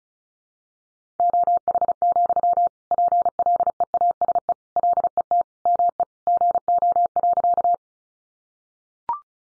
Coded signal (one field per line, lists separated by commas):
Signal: Morse code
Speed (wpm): 34 wpm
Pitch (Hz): 700 Hz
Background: none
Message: OH, PLEASE LET ME GO.